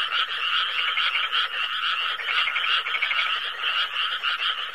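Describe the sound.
Frog chorus of many overlapping croaks, a steady buzzing rattle with repeated pulsed bursts throughout.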